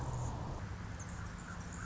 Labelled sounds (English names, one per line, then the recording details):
Anna's Hummingbird
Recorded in Sonoma County, California